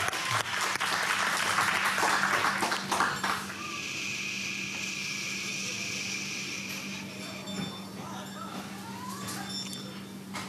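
An audience breaks into dense, steady clapping for about three seconds, then the applause gives way to a sustained, even hum with faint high tones.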